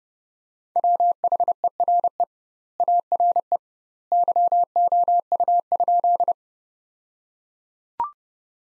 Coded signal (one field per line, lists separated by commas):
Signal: Morse code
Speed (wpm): 32 wpm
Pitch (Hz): 700 Hz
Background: none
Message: WHERE ARE YOU?